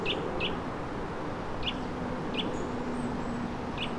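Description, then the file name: Eurasian nuthatch giving a few spaced, sharp high notes, irregularly timed, against a constant low background rumble. "Sitta europaea"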